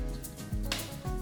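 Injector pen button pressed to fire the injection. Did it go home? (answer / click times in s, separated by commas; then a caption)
yes / 0.7 s. A Mounjaro 2.5 mg single-dose injector pen is held against the skin and its purple button on top is pressed to fire the injection. A sharp injection click sounds at 0.7 s over a low background hum, with only this one click heard in the clip. The pen fires as intended.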